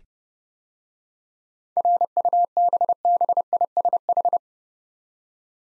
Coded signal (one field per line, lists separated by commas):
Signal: Morse code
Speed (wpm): 28 wpm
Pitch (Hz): 700 Hz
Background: none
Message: RUBBISH